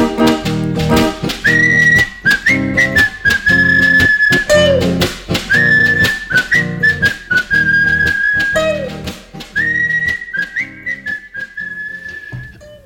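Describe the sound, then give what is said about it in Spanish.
A bright, high whistled melody rides over a bouncy instrumental backing with a steady beat, repeating a short phrase three times with held notes and little upward slides. “Somos tres chicos españoles y silbando nos vamos así.”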